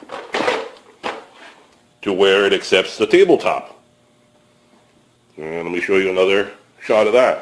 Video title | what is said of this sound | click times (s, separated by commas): Best Portable Folding Work Table Workbench Worx Pegasus / Keter / Dewalt Clone | you can open them up and lock it in place to where | 0.3 s